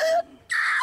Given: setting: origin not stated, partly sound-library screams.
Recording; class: one-second piece from a danger detection set; woman in danger